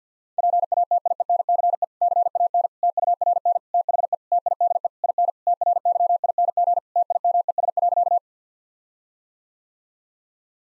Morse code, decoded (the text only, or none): PATIENCE CAN TURN THE TIDE IN TRYING TIMES.